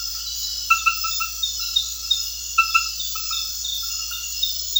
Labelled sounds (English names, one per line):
none